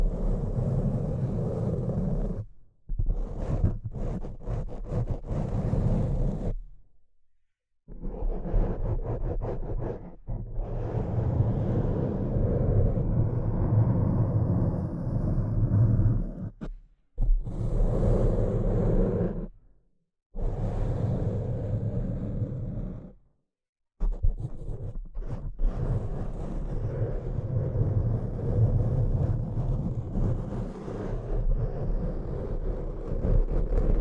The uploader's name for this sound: Tapping & Scratching